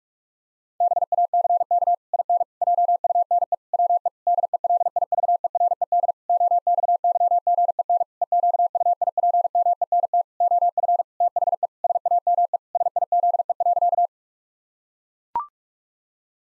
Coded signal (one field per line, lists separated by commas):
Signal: Morse code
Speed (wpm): 41 wpm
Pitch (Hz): 700 Hz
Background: none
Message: BACK IN JUNE WE DELIVERED OXYGEN EQUIPMENT OF THE SAME SIZE.